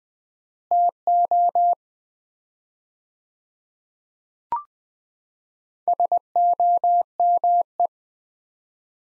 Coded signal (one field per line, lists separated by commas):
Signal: Morse code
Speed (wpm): 21 wpm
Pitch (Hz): 700 Hz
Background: none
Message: TO SOME